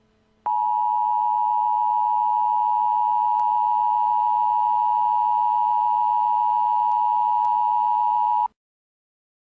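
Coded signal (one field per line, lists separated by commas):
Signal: Emergency Alert System (SAME) tones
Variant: 853 and 960 Hz attention tone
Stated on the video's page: Fictional EAS scenario, not a real alert.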